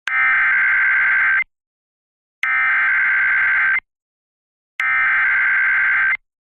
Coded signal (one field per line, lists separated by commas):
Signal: Emergency Alert System (SAME) tones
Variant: header bursts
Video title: Severe Thunderstorm Warning (ND) (8/7/25) [EAS #244]